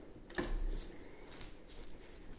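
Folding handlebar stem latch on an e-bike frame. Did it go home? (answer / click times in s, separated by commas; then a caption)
yes / 0.3 s, 0.4 s. On an e-bike, the folded handlebar stem is rotated back up and its folding latch is locked into place. Two quick, sharp clicks are heard at 0.3 s and 0.4 s. A softer knock follows around 1.4 s.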